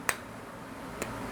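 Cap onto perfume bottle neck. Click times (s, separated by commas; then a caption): 0.1 s. A cap is pushed back onto the neck of a heavy glass Calvin Klein Defy fragrance bottle and gives a sharp click at 0.1 s as it seats. A fainter tick follows at about 1.0 s against a quiet background.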